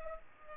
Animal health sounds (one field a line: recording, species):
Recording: mosquito wingbeat signal from an infrared sensor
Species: Culex pipiens